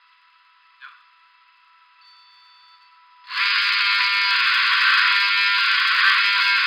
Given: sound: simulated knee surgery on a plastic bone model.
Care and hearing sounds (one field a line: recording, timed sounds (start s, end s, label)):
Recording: surgical tools on bone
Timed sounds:
3.40	6.67	sawing